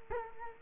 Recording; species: mosquito wingbeat signal from an infrared sensor; Culex quinquefasciatus